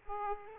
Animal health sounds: mosquito wingbeat signal from an infrared sensor; Aedes aegypti

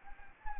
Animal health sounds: mosquito wingbeat signal from an infrared sensor; Anopheles gambiae

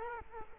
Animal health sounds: mosquito wingbeat signal from an infrared sensor; Culex quinquefasciatus

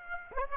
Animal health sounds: mosquito wingbeat signal from an infrared sensor; Aedes aegypti

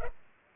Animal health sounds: mosquito wingbeat signal from an infrared sensor; Culex pipiens

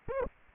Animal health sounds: mosquito wingbeat signal from an infrared sensor; Aedes aegypti

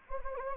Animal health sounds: mosquito wingbeat signal from an infrared sensor; Anopheles gambiae

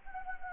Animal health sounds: mosquito wingbeat signal from an infrared sensor; Anopheles gambiae

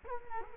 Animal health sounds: mosquito wingbeat signal from an infrared sensor; Culex quinquefasciatus

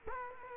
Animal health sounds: mosquito wingbeat signal from an infrared sensor; Culex quinquefasciatus

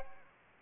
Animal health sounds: mosquito wingbeat signal from an infrared sensor; Aedes aegypti

